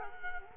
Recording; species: mosquito wingbeat signal from an infrared sensor; Culex quinquefasciatus